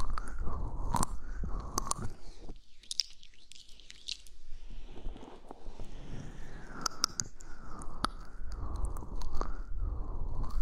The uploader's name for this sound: Massage Gentle Brush Ear Cleaning